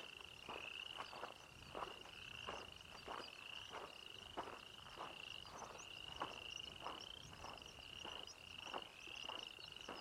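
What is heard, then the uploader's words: Pawnee Grassland at dawn, filled with a steady, high, shrill tone that swells into short rising sweeps about once a second. Underneath, frog-like croaks and clicks pulse regularly, roughly twice a second, over a faint low rumble. Pawnee Grassland at Dawn.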